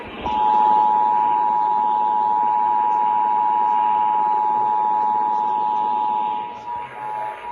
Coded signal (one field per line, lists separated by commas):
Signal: Emergency Alert System (SAME) tones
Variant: 853 and 960 Hz attention tone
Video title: EAS #574-575 IL Required Monthly Test on WBBM-AM and WCFS-FM